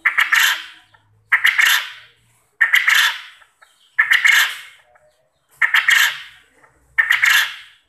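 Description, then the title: Quail calls, loud burst-like calls with several sharp onsets and a fading tail, repeated six times at fairly regular intervals. Quail call used as a lure to get quail to answer and call actively. "Burung Puyuh Mana Yang Tidak Nyaut Dan Gacor Dengan Pancingan Ini"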